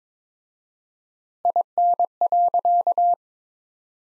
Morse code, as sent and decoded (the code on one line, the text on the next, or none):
.. -. .-.-.-
IN.